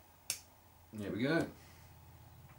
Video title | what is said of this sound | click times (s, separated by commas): Xray T4 '14 build series part 7. Building the shocks. | it on you'll hear it click here | 0.3 s